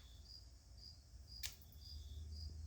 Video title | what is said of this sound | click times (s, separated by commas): Part 2 Restoring Old Wagon for Bruno | putting our cap back on, it kind of snaps into place with this. | 1.5 s